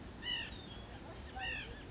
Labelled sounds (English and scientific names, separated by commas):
White-breasted Nuthatch (Sitta carolinensis)